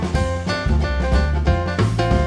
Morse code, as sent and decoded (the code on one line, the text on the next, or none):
none